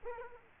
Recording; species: mosquito wingbeat signal from an infrared sensor; Culex quinquefasciatus